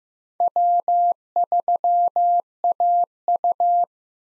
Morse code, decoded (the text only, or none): W3AU